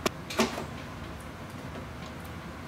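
A second RAM stick is pushed down into its keyed motherboard slot, and the latch snaps shut with a sharp click at 0.07 s, seating the module. A softer knock follows around 0.4 s over low background noise.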